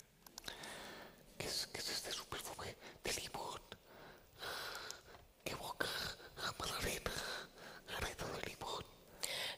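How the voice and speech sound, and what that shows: Adult male speaking Spanish in a near-whisper with no real vocal tone. Spasmodic dysphonia (laryngeal dystonia), a neurological condition that causes involuntary spasms of the larynx and stops him from voicing.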